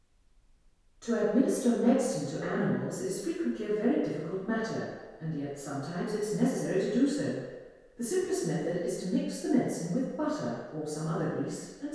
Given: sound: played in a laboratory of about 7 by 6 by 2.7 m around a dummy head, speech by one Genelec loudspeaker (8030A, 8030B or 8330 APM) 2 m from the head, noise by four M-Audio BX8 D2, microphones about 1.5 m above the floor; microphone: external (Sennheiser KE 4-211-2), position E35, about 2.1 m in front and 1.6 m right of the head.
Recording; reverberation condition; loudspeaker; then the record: female speech in English; high; 60 degrees to the left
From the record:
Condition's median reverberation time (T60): about 1300 ms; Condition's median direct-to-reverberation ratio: about -4.0 dB